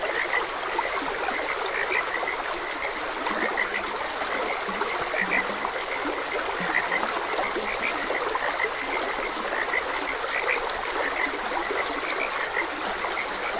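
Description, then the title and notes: Frog chorus of brief croaks, a few deeper notes among them, over a steady, hissing stream. Frogs croaking beside a gentle stream. "Gentle Stream and Frogs Croaking. Sleep and Relaxation Podcast"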